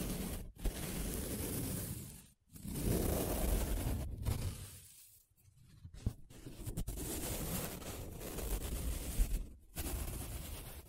Paper Sounds Tracing, Scratching, Rubbing